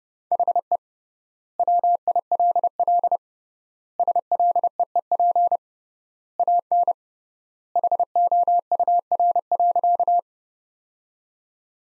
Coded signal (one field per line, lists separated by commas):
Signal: Morse code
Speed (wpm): 31 wpm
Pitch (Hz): 700 Hz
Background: none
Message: HE WILL SLEEP AN HOUR.